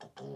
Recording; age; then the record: pig call; piglet (1 to 25 days)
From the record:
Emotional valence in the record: negative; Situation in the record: long isolation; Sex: male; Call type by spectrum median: low-frequency call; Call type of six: low-frequency stable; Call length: 0.37 s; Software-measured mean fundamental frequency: 70 Hz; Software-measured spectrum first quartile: 277 Hz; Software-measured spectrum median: 463 Hz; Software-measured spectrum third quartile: 1018 Hz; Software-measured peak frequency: 408 Hz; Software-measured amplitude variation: 179 dB a second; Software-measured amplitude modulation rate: 25.8 a second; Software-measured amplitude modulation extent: 6.9 dB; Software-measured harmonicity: -0.3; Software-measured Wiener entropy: -0.36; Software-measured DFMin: 905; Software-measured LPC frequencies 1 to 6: 529, 1665, 3156, 4470, 5342, 6156 Hz